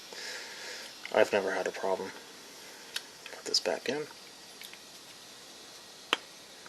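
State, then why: Seated. During a small-engine carburetor rebuild, a small part is pushed back into a lawn mower carburetor body until it clamps in, and it should be seen through the carburetor throat. Someone talks, with a few faint knocks as the part is handled. A sharp, very short click at 6.1 seconds shows it has seated.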